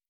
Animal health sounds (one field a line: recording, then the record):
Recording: hydrophone in a shrimp aquaculture tank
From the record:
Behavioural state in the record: normal